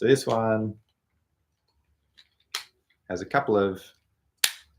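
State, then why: Seated. Someone talks while showing a playing-support harness for brass and woodwind, whose plastic arms lock into place. A sharp, loud snap at 4.4 s marks the support arm locking into its holder. Softer clicks come just before it, around 2.2 to 2.9 s.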